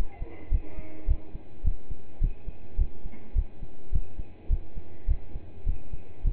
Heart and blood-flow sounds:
heart sounds by stethoscope; between the tricuspid and mitral areas; 105 bpm
0.51 s: heartbeat
1.07 s: heartbeat
1.64 s: heartbeat
2.21 s: heartbeat
2.78 s: heartbeat
3.35 s: heartbeat
3.92 s: heartbeat
4.49 s: heartbeat
5.07 s: heartbeat
5.66 s: heartbeat
6.24 s: heartbeat
From the record:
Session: pedaling a stationary bicycle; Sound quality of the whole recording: partially saturated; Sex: male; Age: 27 years

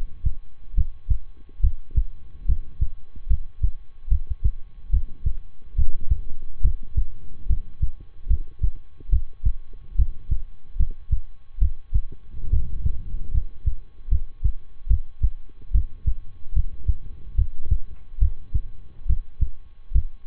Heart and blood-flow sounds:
heart sounds by stethoscope; between the tricuspid and mitral areas; 72 bpm
0.74 s: heartbeat
1.60 s: heartbeat
2.45 s: heartbeat
3.27 s: heartbeat
4.08 s: heartbeat
4.90 s: heartbeat
5.74 s: heartbeat
6.61 s: heartbeat
7.46 s: heartbeat
8.27 s: heartbeat
9.09 s: heartbeat
9.95 s: heartbeat
10.76 s: heartbeat
11.58 s: heartbeat
12.49 s: heartbeat
13.31 s: heartbeat
14.08 s: heartbeat
14.87 s: heartbeat
15.71 s: heartbeat
16.52 s: heartbeat
17.35 s: heartbeat
18.18 s: heartbeat
19.06 s: heartbeat
19.91 s: heartbeat
From the record:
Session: rest, lying down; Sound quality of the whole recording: good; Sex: male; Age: 23 years

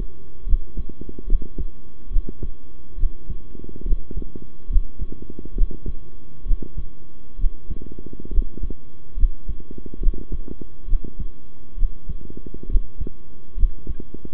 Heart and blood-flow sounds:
heart sounds by stethoscope; between the tricuspid and mitral areas; 69 bpm
0.46 s: heartbeat
1.26 s: heartbeat
2.10 s: heartbeat
2.97 s: heartbeat
3.85 s: heartbeat
4.69 s: heartbeat
5.55 s: heartbeat
6.45 s: heartbeat
7.38 s: heartbeat
8.31 s: heartbeat
9.16 s: heartbeat
10.00 s: heartbeat
10.87 s: heartbeat
11.77 s: heartbeat
12.68 s: heartbeat
13.56 s: heartbeat
From the record:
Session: rest, sitting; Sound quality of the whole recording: good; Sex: male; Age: 23 years

